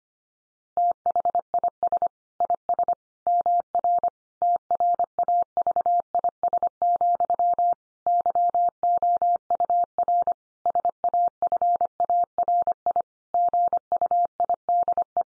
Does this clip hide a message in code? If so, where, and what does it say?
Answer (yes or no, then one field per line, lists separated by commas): yes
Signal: Morse code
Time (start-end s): 0.8-15.2 s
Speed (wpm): 25 wpm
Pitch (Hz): 700 Hz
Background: none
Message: THIS IS MR TRAVIS, YOUR SAFARI GUIDE